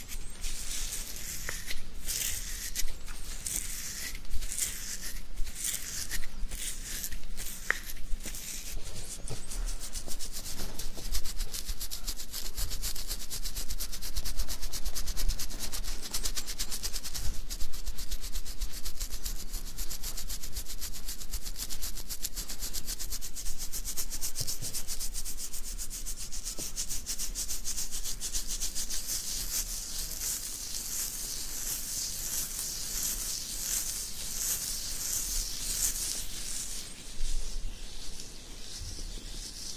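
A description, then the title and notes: Beard scratching makes a bright, dense rasping that is choppy with rapid strokes in the first ten seconds, then smoother and steady. ASMR INSANE BEARD SCRATCHING.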